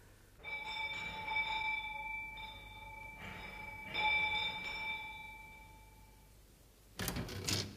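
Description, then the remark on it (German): The doorbell at the mayor's house rings twice, each time a bright, sustained multi-tone chime that slowly fades, followed by a short burst of clattering noise at the end. “Kommt, wir läuten hier.”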